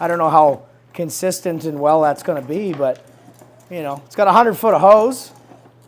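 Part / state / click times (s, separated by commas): hose reel lock on an electric pressure washer / not seated / none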